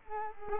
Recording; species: mosquito wingbeat signal from an infrared sensor; Culex quinquefasciatus